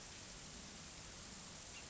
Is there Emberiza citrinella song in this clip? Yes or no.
no